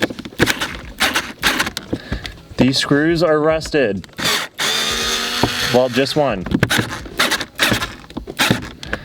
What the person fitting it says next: I probably just stripped that.